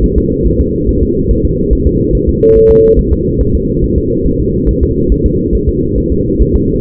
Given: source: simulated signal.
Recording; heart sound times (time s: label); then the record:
fetal heart sounds
0.04 s: S1
0.18 s: S2
0.47 s: S1
0.60 s: S2
0.89 s: S1
1.03 s: S2
1.31 s: S1
1.45 s: S2
1.73 s: S1
1.87 s: S2
2.15 s: S1
2.29 s: S2
2.57 s: S1
2.71 s: S2
2.99 s: S1
3.13 s: S2
3.41 s: S1
3.55 s: S2
3.84 s: S1
3.98 s: S2
4.26 s: S1
4.40 s: S2
4.69 s: S1
4.83 s: S2
5.12 s: S1
5.26 s: S2
5.55 s: S1
5.69 s: S2
5.98 s: S1
6.12 s: S2
6.42 s: S1
6.56 s: S2
From the record:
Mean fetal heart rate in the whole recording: 140 bpm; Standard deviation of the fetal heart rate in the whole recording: 2 bpm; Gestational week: 34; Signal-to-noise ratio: -14.7 dB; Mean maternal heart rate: 72 bpm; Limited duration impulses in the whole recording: present